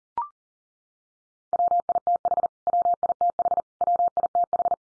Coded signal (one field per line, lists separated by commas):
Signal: Morse code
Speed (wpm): 40 wpm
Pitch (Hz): 700 Hz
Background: none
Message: WITH WITH WITH